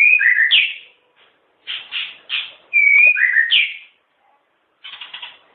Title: kicau murai batu panjang